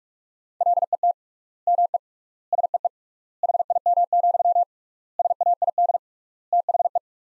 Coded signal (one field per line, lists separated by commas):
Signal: Morse code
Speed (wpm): 41 wpm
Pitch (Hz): 700 Hz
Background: none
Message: LET ME SEE HIM, SAID THE